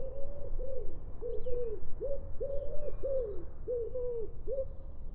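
Bird calling in a run of several short, low, hollow cooing notes, some slurred downward, with faint higher chirps and a steady low background rumble.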